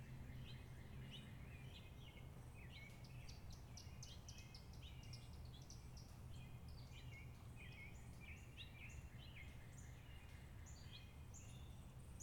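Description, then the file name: Birds chirping continuously, many short high tweets overlapping throughout, with a constant low background hum. Ambience outside a house with birds chirping. "Ambience Outside The House Birds Chirping Etc"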